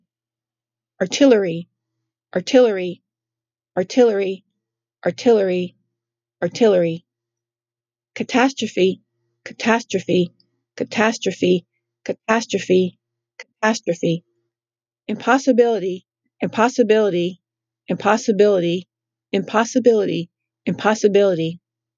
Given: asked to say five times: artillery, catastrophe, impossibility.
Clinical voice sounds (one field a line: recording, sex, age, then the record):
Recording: three words, each repeated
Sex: female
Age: 50 to 59 years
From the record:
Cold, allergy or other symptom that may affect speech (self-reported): no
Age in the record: 57 years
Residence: New Jersey, United States